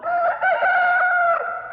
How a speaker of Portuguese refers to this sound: O galo cantou e a noite se espreguiça em uma nova manhã.